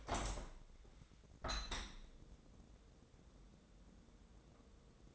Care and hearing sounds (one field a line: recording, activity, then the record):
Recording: daily activity, microphone in the room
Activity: open window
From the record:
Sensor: 3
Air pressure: 1012.3 hPa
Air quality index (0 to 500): 144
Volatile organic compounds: 2 ppm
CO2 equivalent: 1110 ppm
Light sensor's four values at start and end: 353/874/361/360 and 352/865/359/358